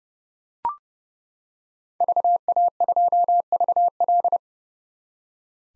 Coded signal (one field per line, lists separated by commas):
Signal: Morse code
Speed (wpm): 29 wpm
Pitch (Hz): 700 Hz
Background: none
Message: VA2VL